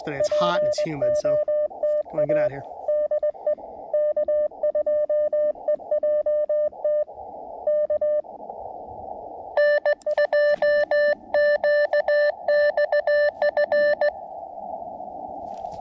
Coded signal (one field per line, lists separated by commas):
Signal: Morse code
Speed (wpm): 20 wpm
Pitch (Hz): 590 Hz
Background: speech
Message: POTA DE K2EJT K N2QXF